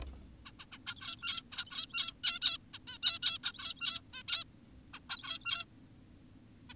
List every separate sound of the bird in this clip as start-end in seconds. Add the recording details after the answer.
0.46-0.52, 0.60-0.66, 0.72-0.78, 0.87-1.42, 1.52-2.14, 2.24-2.40, 2.42-2.58, 2.74-2.79, 2.88-2.98, 3.03-3.19, 3.23-3.38, 3.44-4.01, 4.14-4.23, 4.28-4.44, 4.94-4.99, 5.10-5.65, 6.70-6.74. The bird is an adult. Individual g17y2U